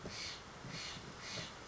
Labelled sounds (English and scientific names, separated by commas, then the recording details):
Steller's Jay (Cyanocitta stelleri)
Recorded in Sonoma County, California